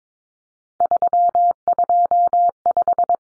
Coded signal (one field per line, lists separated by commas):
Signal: Morse code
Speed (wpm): 22 wpm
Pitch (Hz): 700 Hz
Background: none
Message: 325